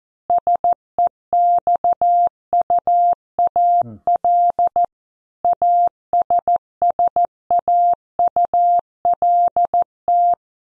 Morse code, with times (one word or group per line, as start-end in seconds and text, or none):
0.3-4.8 SEXUAL
5.4-10.3 ASSAULT